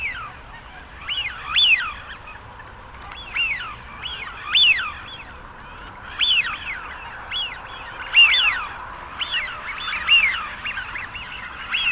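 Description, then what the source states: Eurasian wigeon whistles, rising-falling wheeoo notes repeated every second or two, some overlapping. Male.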